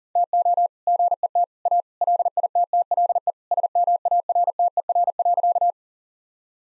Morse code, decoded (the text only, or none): TO GET A LITTLE SMARTER.